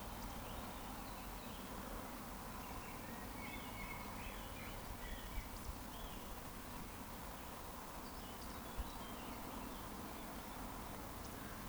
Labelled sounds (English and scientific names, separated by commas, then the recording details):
Eurasian Woodcock (Scolopax rusticola) whistle
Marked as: whistle, whistle, whistle
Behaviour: display flight
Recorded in Baden-Württemberg, Germany, on 13 June 2020 at 19:35 UTC
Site 14569, 102 m above sea level